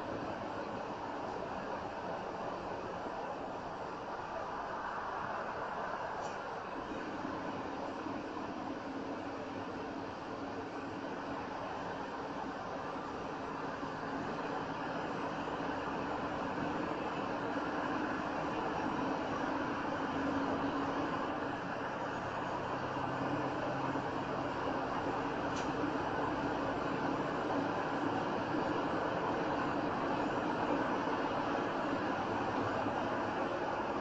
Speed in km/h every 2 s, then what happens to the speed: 63, 45, 45, 40, 40, 40, 42, 45, 47, 50, 52, 53, 56, 58, 64, 66, 66.
0-6 brakes to 40. 6-11 steady at about 40. 11-28 speeds up to 64. 28-34 steady at about 66.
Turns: none.